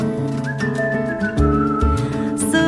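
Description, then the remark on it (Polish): A person whistles a short tune, the clear pure tone sliding smoothly between notes over steady instrumental music with a beat, with no one speaking. “Zrb-no-bap-ne-bap, gór-no-bap-ne-bap, nucę, gwiżdżę sobie.”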